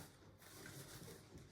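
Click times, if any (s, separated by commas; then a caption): none. The plastic clips on the fabric runner of a Bugaboo Fox 5 bassinet are being pressed down onto the carry cot frame, heard as a steady broadband rustle and handling noise with no sharp transients. Nothing has seated or clicked yet; the clips are still short of home.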